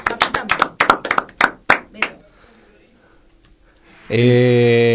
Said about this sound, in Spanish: Bueno, aplaudémoslo, por favor.